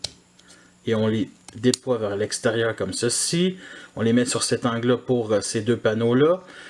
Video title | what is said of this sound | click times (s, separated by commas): (FR)Transformers War For Cybertron Siege Skytread(Flywheel) | Ensuite, on les déclipse | 0.1 s